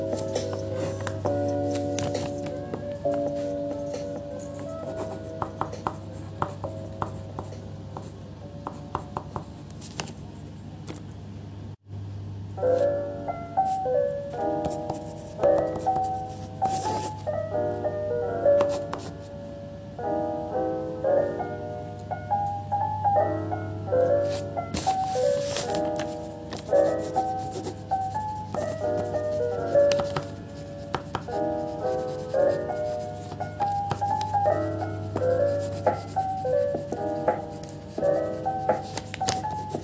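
A simple, plinking background tune plays steadily throughout over a constant low hum. Quick scratchy pen or pencil strokes come in short bursts again and again, and there is a brief cut to silence around twelve seconds before the music resumes.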